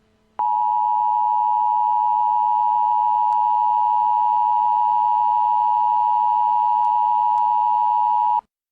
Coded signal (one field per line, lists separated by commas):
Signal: Emergency Alert System (SAME) tones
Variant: 853 and 960 Hz attention tone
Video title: [EAS Mock] The Z Virus - New York: Power Outage